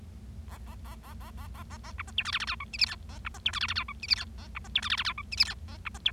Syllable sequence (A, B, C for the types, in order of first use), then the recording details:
A A A A A A A A A B C D E F F G H I J K A B C D E F F G H I J K A B C D E F F G H I J K A B C D. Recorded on 25 March 2012 at 12:44. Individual gy6or6